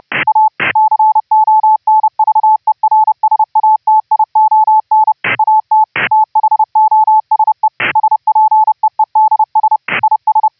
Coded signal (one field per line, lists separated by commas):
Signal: Morse code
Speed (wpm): 30 wpm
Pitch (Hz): 870 Hz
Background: radio noise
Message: A CONVERSATION AT THOSE SPEEDS IS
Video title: HAM RADIO - Remote RIG WIRELESS "audio OVER ip" using GStreamer pipelines - laptop to Raspberry PI